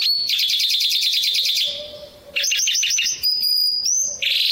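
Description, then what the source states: Bimaculated lark song: fast, varied stream of trilled and rattling high phrases, some repeated notes and steady whistled tones, with a faint low hum underneath. Russia.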